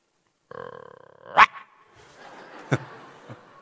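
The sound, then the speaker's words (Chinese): A man's voice imitates a dog when asked to sing, starting with a rough, pulsing growl and then letting out a sharp, loud bark, followed by a couple of shorter, softer barking bursts. “不是你唱歌你学狗叫唤干嘛呀？”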